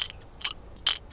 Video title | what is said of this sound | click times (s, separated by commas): Snag Proof? Internal Hook Lipless CrankBait - One Day Build to Catch | you hear it snap back in it's | 0.9 s